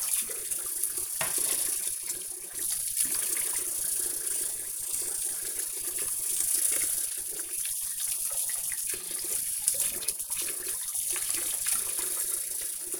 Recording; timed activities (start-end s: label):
household activities, microphone on the right wrist
0.00-13.00 s: washing dishes